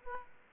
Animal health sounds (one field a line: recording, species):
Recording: mosquito wingbeat signal from an infrared sensor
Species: Aedes aegypti